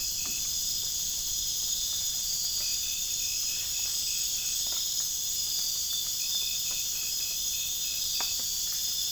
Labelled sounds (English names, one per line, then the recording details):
none
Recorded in pastures near Puerto Asís, Putumayo, Colombia, on 25 June 2025 at 01:00
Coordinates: 0.466, -76.322
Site GP07